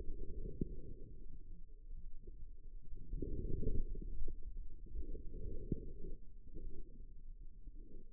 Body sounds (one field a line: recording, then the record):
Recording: forearm muscle sounds (acoustic myography)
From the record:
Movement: outward rotation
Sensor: system 2, bracelet of six BSWA MPA416 microphones around the upper forearm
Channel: 3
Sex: female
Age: 25 years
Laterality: right